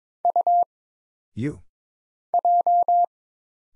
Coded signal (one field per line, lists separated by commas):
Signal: Morse code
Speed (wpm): 22 wpm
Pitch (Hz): 700 Hz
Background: none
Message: U J